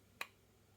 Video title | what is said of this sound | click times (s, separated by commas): [HOW TO] CYMA CM.517 INTERNAL REVIEW - Are you getting bang for your buck? | make sure that you twist back until you hear the click | 0.2 s